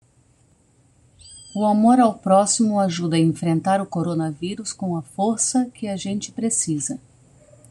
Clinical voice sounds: spoken sentence; Brazilian Portuguese; female; 50 to 59 years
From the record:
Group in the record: control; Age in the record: 50 years

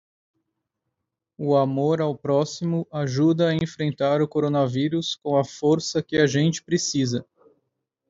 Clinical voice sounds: spoken sentence; Brazilian Portuguese; male; 30 to 39 years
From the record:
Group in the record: control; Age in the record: 39 years

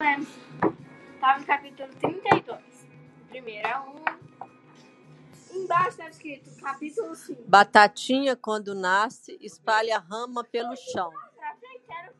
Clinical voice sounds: short text; Brazilian Portuguese; female; 50 to 59 years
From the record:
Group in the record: control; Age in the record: 58 years

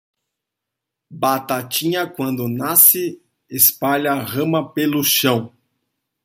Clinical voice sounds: short text; Brazilian Portuguese; male; 40 to 49 years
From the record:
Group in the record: control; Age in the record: 41 years

